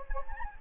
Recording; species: mosquito wingbeat signal from an infrared sensor; Anopheles gambiae